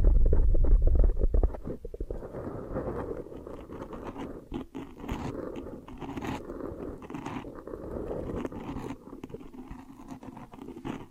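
Hair washing and massage, a dense, steady soft rubbing and squishing with a louder low rumbling burst in the first two seconds.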